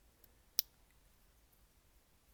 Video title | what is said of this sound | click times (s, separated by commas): Toyota Tundra Front Camera Install! 2020 Toyota Tundra SR5! Must have Tundra Upgrade! | a nice click there | 0.6 s